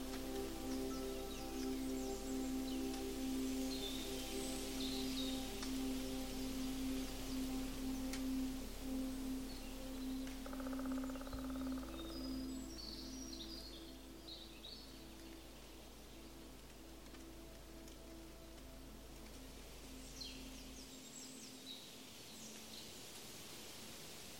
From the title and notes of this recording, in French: Une balade en forêt bercé par les sons de la nature.